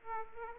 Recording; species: mosquito wingbeat signal from an infrared sensor; Aedes aegypti